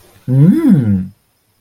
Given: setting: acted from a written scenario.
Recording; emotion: vocal sound without words; interest